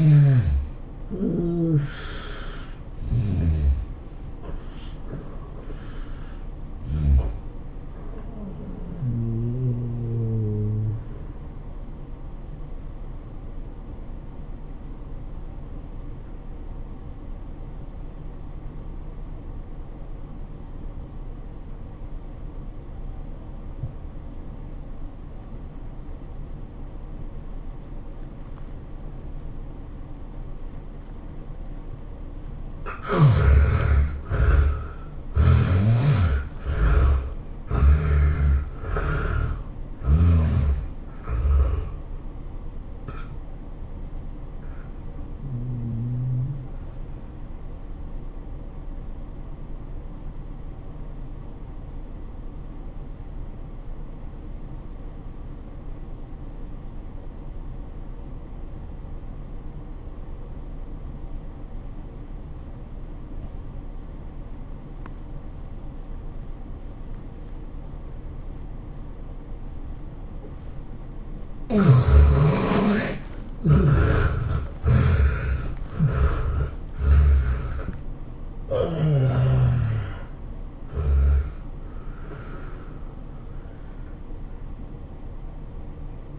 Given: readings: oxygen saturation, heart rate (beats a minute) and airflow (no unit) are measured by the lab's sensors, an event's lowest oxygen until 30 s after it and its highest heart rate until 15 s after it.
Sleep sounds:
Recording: breathing in sleep by a smartphone at the bedside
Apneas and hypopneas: 2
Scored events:
19.00-34.60 s: obstructive apnea (N1, oxygen 96% highest, then 71% lowest, heart rate 97 at the start, 109 highest)
51.00-81.00 s: new sleep stage, N2 (light sleep)
52.00-70.50 s: obstructive apnea (N2, oxygen 95% highest, then 70% lowest, heart rate 94 at the start, 110 highest)
81.00-86.38 s: new sleep stage, N1 (lightest sleep)
From the record:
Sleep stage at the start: N1 (lightest sleep)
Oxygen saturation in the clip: 69 to 96%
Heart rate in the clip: 80 to 110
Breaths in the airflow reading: 10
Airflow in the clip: -16.1 to 17.2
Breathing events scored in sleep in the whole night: 403 in 5.5 hours asleep

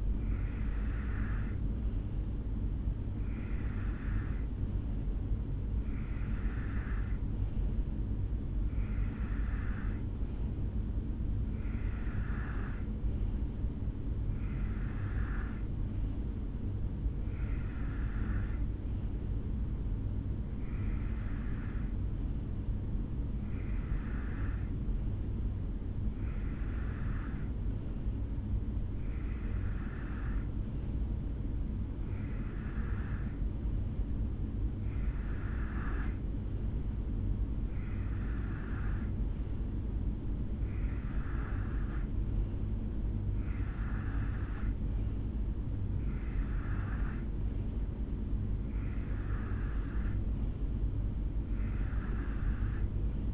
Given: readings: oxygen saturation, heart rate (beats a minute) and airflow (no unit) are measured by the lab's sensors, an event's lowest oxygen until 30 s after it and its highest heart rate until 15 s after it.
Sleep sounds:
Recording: breathing in sleep by a smartphone at the bedside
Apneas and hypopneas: none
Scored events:
none scored
From the record:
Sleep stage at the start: N2 (light sleep)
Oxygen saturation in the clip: 90 to 91%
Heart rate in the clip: 63 to 68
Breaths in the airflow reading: 18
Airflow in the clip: -3.2 to 2.1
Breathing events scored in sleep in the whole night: 449 in 7.0 hours asleep

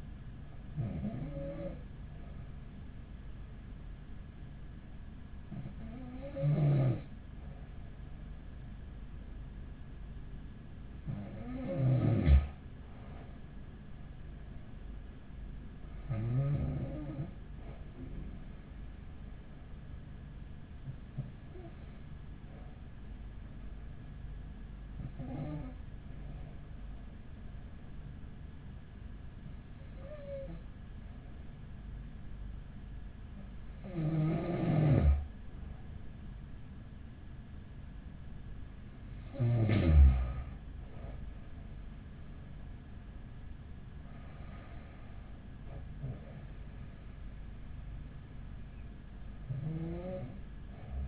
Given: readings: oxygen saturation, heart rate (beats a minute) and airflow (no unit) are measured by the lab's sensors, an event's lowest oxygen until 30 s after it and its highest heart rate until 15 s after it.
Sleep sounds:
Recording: breathing in sleep by a smartphone at the bedside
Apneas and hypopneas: none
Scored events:
none scored
From the record:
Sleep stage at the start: N2 (light sleep)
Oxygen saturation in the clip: 94 to 95%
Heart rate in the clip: 42 to 45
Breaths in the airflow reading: 10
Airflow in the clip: -7.5 to 9.9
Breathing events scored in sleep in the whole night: 207 in 7.6 hours asleep

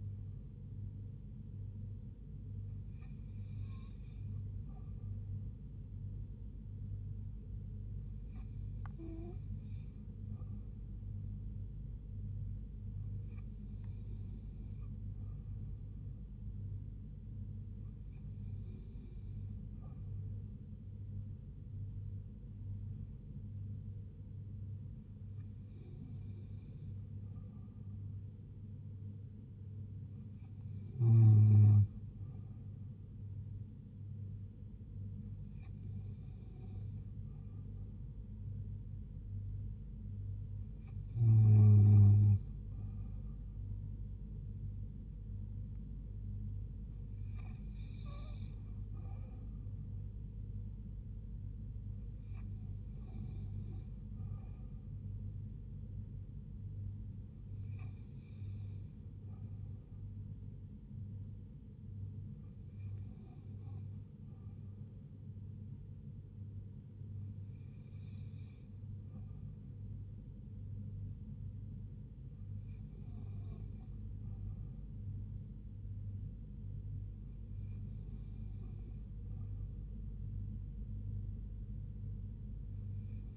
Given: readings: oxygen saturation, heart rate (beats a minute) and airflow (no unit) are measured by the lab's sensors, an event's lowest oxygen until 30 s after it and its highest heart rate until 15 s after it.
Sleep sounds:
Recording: breathing in sleep by a smartphone at the bedside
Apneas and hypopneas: none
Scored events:
none scored
From the record:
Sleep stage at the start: N2 (light sleep)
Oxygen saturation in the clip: 87 to 89%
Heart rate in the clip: 74 to 80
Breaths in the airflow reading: 16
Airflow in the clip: -3.6 to 2.3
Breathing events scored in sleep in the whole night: 158 in 7.3 hours asleep

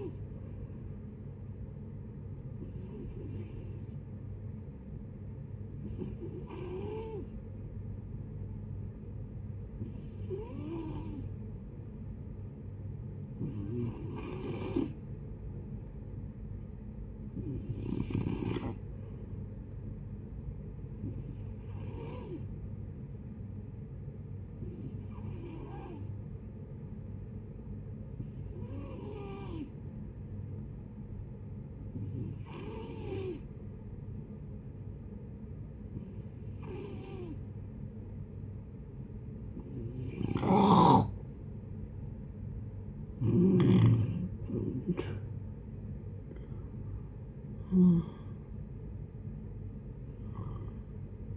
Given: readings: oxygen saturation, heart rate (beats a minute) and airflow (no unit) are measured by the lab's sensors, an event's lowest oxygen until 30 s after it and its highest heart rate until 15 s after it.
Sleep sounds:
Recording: breathing in sleep by a smartphone at the bedside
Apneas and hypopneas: 2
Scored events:
3.00-15.30 s: hypopnea (N2, oxygen 93% highest, then 90% lowest, heart rate 62 at the start, 66 highest)
27.00-43.90 s: hypopnea (N2, oxygen 91% highest, then 89% lowest, heart rate 66 at the start, 76 highest)
From the record:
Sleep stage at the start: N2 (light sleep)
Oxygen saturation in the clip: 89 to 93%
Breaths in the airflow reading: 14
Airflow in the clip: -7.8 to 10.8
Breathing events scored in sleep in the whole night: 496 in 5.4 hours asleep

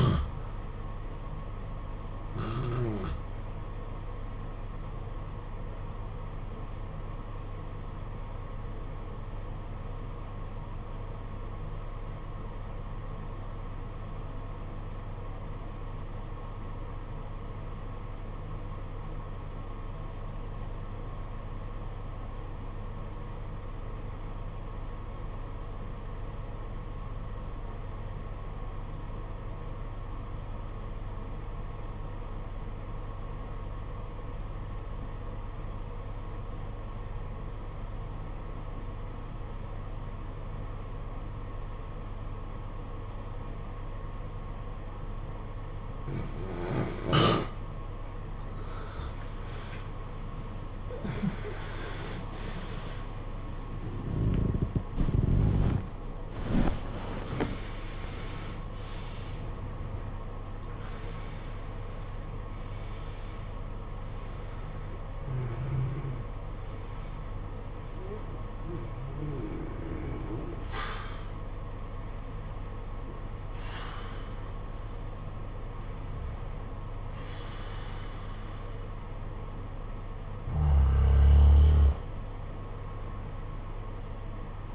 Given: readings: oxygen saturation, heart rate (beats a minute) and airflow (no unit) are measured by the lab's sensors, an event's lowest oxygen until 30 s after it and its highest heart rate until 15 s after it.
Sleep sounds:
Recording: breathing in sleep by a smartphone at the bedside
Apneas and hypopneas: 1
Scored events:
4.00-48.80 s: obstructive apnea (REM, oxygen 94% highest, then 75% lowest, heart rate 62 at the start, 95 highest)
54.00-84.75 s: new sleep stage, N1 (lightest sleep)
From the record:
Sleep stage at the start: REM sleep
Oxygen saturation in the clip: 75 to 94%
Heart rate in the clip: 49 to 95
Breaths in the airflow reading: 9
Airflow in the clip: -15.4 to 18.1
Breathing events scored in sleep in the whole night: 476 in 9.7 hours asleep

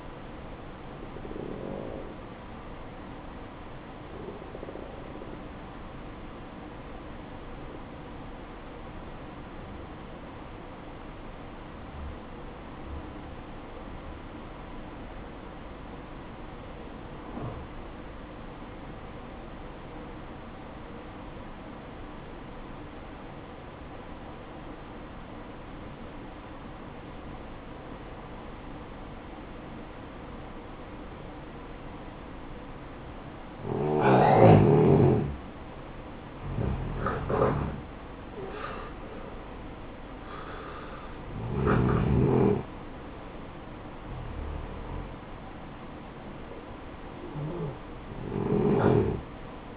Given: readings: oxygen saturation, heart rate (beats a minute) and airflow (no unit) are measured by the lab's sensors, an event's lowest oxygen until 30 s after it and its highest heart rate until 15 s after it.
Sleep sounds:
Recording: breathing in sleep by a voice recorder at the bedside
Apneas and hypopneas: 1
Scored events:
8.00-38.10 s: obstructive apnea (N1, oxygen 95% highest, then 89% lowest, heart rate 60 at the start, 68 highest)
From the record:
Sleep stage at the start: N1 (lightest sleep)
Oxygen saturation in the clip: 87 to 95%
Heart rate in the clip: 54 to 68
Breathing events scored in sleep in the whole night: 573 in 9.8 hours asleep

